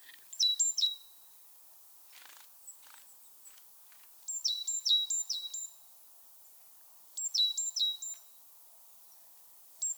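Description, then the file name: Great tit calls: clusters of three to five crisp notes, each dropping from very high to a level tone, repeated every few seconds with faint background rustles. "Parus major"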